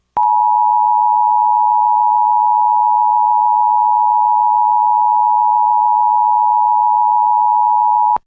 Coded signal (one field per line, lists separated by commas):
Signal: Emergency Alert System (SAME) tones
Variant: 853 and 960 Hz attention tone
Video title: EAS Mock: Message for the Radioactive Queen